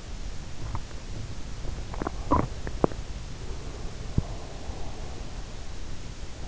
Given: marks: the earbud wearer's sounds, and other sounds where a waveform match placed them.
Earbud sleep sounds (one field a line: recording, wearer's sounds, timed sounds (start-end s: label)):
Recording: sounds in sleep by an in-ear microphone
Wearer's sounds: teeth grinding, breath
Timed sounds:
0.63-3.11 s: teeth grinding
3.11-5.83 s: breath